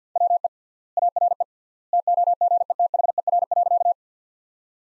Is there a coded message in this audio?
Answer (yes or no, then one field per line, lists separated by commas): yes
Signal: Morse code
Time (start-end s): 0.2-3.9 s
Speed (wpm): 50 wpm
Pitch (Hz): 700 Hz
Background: none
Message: WE ARE TOGETHER.